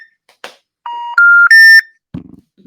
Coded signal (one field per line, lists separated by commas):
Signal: telephone call progress tone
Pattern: special information tone